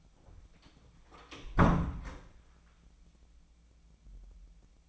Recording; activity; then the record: daily activity, microphone in the room; close door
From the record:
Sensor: 1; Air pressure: 1009.3 hPa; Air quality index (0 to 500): 182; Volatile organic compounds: 3 ppm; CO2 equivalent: 1530 ppm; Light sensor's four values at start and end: 41/111/46/54 and 41/110/45/54